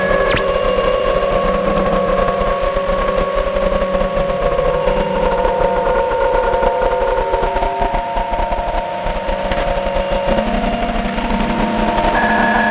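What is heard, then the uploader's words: Shortwave radio on the 19 meter band gives a steady hiss and crackle with rapid fluttering static throughout. Several whistling tones hold at fixed pitches, some fading out and others starting partway, with a new higher whine appearing near the end. This recording was made in Summer 2014 at 2am, sitting on the rooftop on a house in Mallorca. The radio was tuned to the 19 meters band.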